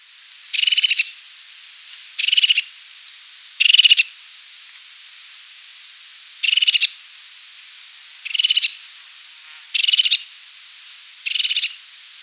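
Crested tit giving short, buzzy purring trills, each a quick burst of rapid notes, several bursts spaced one to three seconds apart over a faint steady hiss.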